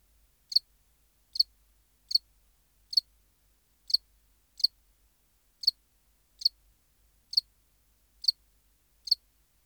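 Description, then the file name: House cricket repeating short high chirps about every 0.8 seconds, eleven chirps in a clean, quiet recording. "Acheta domesticus"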